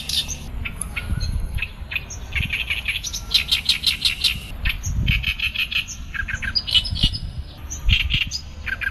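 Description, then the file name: Oriental reed warbler delivering rasping, rapidly repeated chatter in uneven bursts, accompanied by low rumbling background noise. "kerakbasi besar"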